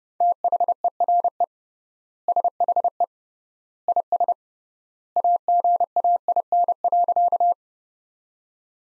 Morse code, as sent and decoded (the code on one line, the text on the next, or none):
- .... . .-. . / ... .... . / .. ... / .- --. .- .. -. .-.-.-
THERE SHE IS AGAIN.